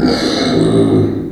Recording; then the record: squeal of a Yucatan mini pig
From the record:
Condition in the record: before surgery on the right vocal fold (resection and tissue-engineered implant); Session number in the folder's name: 3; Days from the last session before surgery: 0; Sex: female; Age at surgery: 19 weeks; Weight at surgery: 25 kg